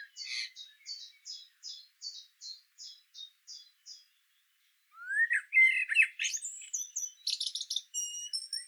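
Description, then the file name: Common blackbird giving a steady series of short high notes for about four seconds, then a pause and a rising, warbling phrase ending in shrill squeaky twitters. "Turdus merula"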